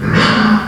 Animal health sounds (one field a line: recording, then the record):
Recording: squeal of a Yucatan mini pig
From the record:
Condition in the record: after surgery on the right vocal fold (resection and tissue-engineered implant)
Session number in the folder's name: 16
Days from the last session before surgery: 183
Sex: female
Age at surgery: 19 weeks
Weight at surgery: 25 kg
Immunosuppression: prednisolone